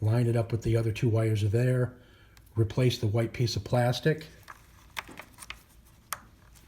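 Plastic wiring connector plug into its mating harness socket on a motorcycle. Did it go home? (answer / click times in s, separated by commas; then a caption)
yes / 6.1 s. Someone talks while a wire terminal goes into the white plastic connector plug on the wiring harness of a 2019 Harley Street Glide Special during a garage door opener install. The plug is then pushed back into its mating harness socket, with a few small handling taps after 4.9 s. It seats with a sharp click at 6.1 s.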